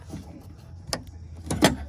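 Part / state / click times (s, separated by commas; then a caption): window motor wiring connector into door harness connector / seated / 0.9 s. On a 1999-2004 Jeep Grand Cherokee, the window motor's electrical connector, routed through the square cutout in the door, is pushed into its plastic mating connector in the door harness, then the red locking tab is pushed down. Over a low background hum, a sharp click at 0.9 s marks the connector seating, followed by two more snaps around 1.5 s and 1.6 s. The connector is seated.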